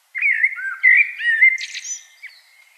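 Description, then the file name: Common blackbird singing a short, rich whistled phrase that slides up and down, finished with a brief scratchy high twitter. "Turdus merula"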